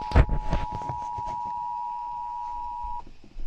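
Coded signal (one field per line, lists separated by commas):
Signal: Emergency Alert System (SAME) tones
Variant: 853 and 960 Hz attention tone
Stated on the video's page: Real Georgia Child Abduction Emergency alert relayed by an FM radio station.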